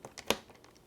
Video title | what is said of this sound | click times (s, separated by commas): Alienware m18 Disassembly & Repaste | there's a click | 0.3 s